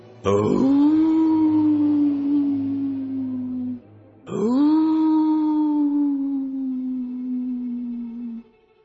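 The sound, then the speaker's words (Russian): Two long, mournful wolf howls, each rising quickly, then holding and sliding slowly downward in pitch for several seconds, with a short pause between them and no talking. “Пошел волк к избе и завыл страшным голосом.”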